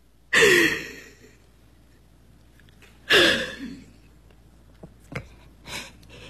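Two long, airy breaths a few seconds apart, a deep inhale followed by a slow exhale, each fading gradually, then a few faint soft clicks. No one speaks.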